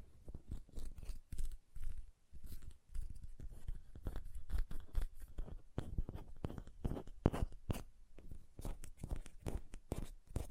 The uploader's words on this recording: ASMR Hand Sounds, Nail Tapping and Lotion Sounds (No Talking).